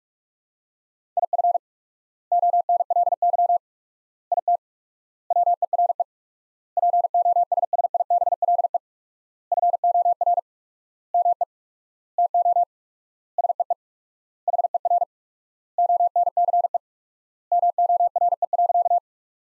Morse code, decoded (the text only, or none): IF ONLY IT WERE POSSIBLE FOR ME TO SEE HER ONCE MORE.